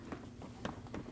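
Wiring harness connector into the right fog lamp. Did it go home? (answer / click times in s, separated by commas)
yes / 0.6 s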